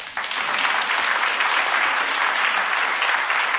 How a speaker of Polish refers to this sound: I wy, wielkie brawo.